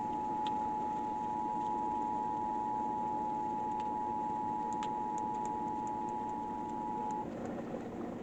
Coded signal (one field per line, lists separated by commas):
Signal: Emergency Alert System (SAME) tones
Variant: 853 and 960 Hz attention tone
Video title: Strange Nickelodeon EAS Interruption